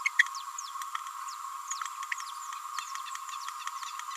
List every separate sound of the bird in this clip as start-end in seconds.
0.18-0.24